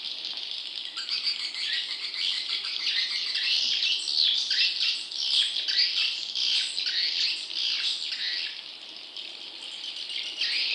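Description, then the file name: Swiftlet chirping calls, a continuous run of rapid high chirps and twitters. "suara burung walet"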